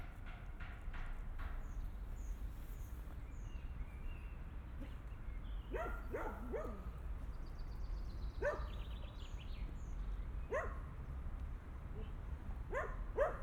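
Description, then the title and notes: Dog barks, faint and scattered in small bursts of two or three, against a constant low rumble with thin high bird chirps above. Dogs crossing a park on Via Irnerio, Bologna, Italy; recorded by students of the Liceo Musicale L. Bassi for the ALEarth project. "Via Irnerio, 2/3, 40126 Bologna BO, Italia - Cani. Cani che attraversano il parco Registrazione raccolta dagli studenti del Liceo Musicale L. Bassi di Bologna, progetto ALEarth"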